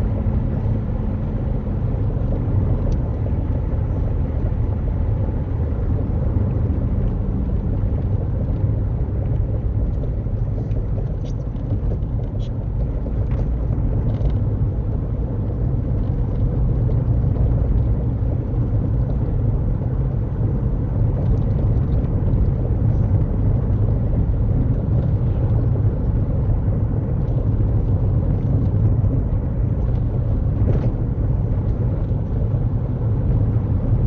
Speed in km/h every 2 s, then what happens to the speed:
76, 76, 71, 64, 56, 55, 56, 56, 61, 64, 64, 64, 63, 61, 58, 64, 68.
3-9 brakes to 55. 13-17 speeds up to 64. 17-29 steady at about 63. 29-34 speeds up to 68.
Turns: none.